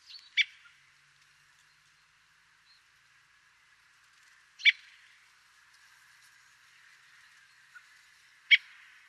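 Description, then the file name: Common blackbird uttering three hard, clipped chink notes roughly four seconds apart over a faint hiss, with a few quiet ticks between them. "Turdus merula"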